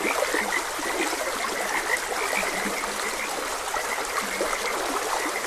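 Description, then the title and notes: Frogs: a crowded chorus of short croaks over the steady sound of running water. Frogs croaking beside a gentle stream. "Gentle Stream and Frogs Croaking. Sleep and Relaxation Podcast"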